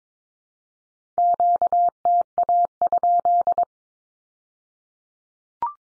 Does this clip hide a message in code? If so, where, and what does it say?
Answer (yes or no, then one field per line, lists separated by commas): yes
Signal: Morse code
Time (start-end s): 1.2-3.6 s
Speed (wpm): 22 wpm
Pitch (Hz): 700 Hz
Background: none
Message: QTA?